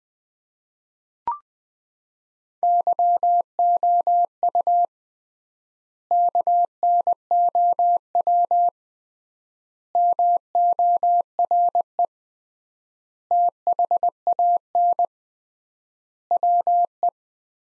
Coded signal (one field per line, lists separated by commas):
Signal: Morse code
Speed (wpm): 20 wpm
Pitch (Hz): 700 Hz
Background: none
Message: YOU KNOW MORE THAN WE